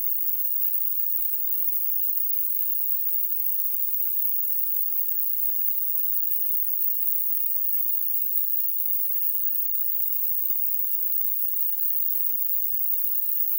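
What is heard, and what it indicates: A steady, broadband hissing noise, strongest in the higher frequencies, simulating the sound of tinnitus.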